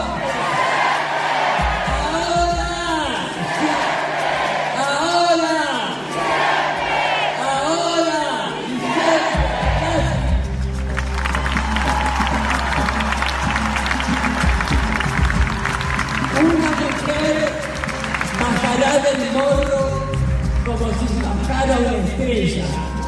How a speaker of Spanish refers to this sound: Yo les voy a pedir que antes que le rendamos este homenaje, porque yo sé que nos están mirando de algún lado, gritemos un fuerte presente: ¡María Franco!